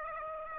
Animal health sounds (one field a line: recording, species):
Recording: mosquito wingbeat signal from an infrared sensor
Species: Aedes aegypti